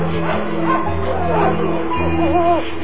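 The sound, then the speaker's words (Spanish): Dogs bark, yip and howl at night as the wind shakes the branches, over a steady low hum, their voices overlapping, then a wavering, rising-and-falling howl-like whine rings out near the end. “Sacudía el viento las ramas, aullaban los perros y chillaban las lechuzas.”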